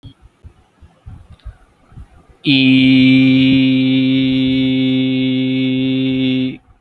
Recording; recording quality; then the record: sustained vowel as in beet; moderate, slight background noise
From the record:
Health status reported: healthy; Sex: male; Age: 22 years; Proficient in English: yes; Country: India